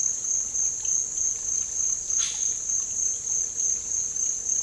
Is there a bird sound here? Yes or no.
yes